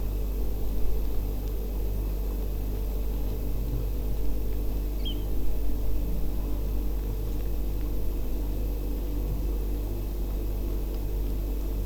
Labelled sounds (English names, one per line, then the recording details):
Eurasian Oystercatcher
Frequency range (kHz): Eurasian Oystercatcher 1.9-5.8 kHz
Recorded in France